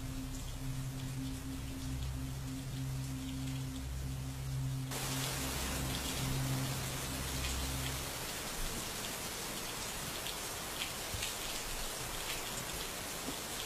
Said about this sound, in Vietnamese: Chỉ còn lại tiếng mưa vẫn cứ ào ào rội xuống mái tôn của căn gác nhỏ.